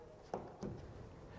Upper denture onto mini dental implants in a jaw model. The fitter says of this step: places the teeth on the upper, snaps into place, Once again,